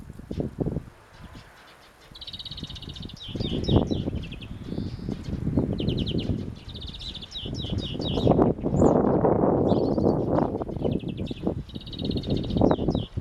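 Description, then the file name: European greenfinch gives repeated fast trilled twitters and a short wheezy note, over heavy low rumbling noise. "Chloris chloris"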